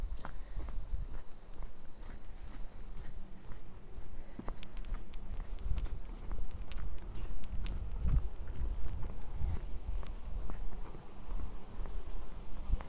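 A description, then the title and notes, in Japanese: Footsteps walk along steadily toward a seedling greenhouse, each step a short scuffing thud landing roughly twice a second for the whole thirteen seconds. A low rumble sits underneath, with brief bright chirps and clicks scattered throughout. 朝、苗ハウスまで歩いていく。鳥の囀りが聞こえる中、苗ハウスまで歩いて行きます。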